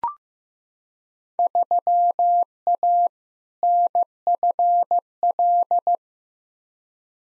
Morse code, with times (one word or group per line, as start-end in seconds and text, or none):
1.4-3.1 3A
3.6-6.0 NFL